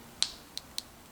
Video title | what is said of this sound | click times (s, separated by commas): Spooky Spot - Jun Planning The Nightmare Before Christmas Series 1 Dr.Finklestein | luckily this just snaps into place | 0.2 s, 0.6 s, 0.8 s